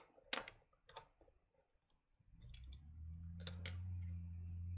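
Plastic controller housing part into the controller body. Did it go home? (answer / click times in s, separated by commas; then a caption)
yes / 0.3 s. A plastic housing part of a Nintendo Switch Joy-Con controller is pressed back into the controller body while it is reassembled by reversing the disassembly. A sharp click at 0.3 s marks the part seating, followed by softer plastic clicks and ticks around 1.0, 2.6, 3.5 and 3.7 s. A low steady hum rises in from about 2.3 s to the end.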